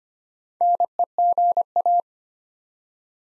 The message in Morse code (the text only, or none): NEGA